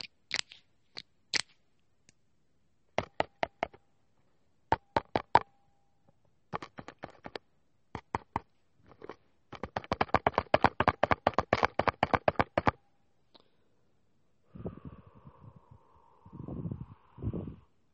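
Sharp taps come in short bursts, first a few scattered strikes, then quicker clusters that build into a dense, fast run of tapping around ten to thirteen seconds. After a pause, the last few seconds turn into a lower, hollow rattling with a faint steady tone.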